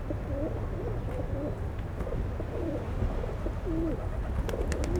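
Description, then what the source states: Pigeons giving repeated rolling coos that swoop up and down, with a few light taps near the end and a constant low background rumble. Pigeons feeding at Place Georges Clemenceau, Aix-les-Bains, France; recorded with a Zoom H4n Pro placed on the ground.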